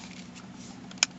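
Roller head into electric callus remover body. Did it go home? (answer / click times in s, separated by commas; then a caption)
yes / 1.0 s. A plastic roller head is refitted onto an electric callus remover after first being put in the wrong way, then pushed until it clicks into place. Soft handling noise leads to a faint tick at 0.9 s and a sharp, loud click at 1.0 s as the head seats.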